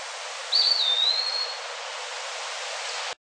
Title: LuckyPassaro Completos2Sama. Eastern Wood Pewee (Contopus virens)